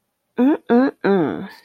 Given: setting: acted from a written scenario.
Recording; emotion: vocal sound without words; desire